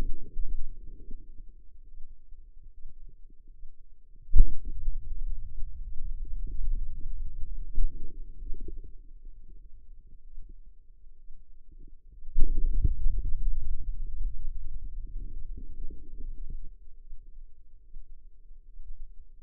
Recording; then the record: forearm muscle sounds (acoustic myography)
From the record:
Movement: pen grasping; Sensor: system 2, bracelet of six BSWA MPA416 microphones around the upper forearm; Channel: 6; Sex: female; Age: 25 years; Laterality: right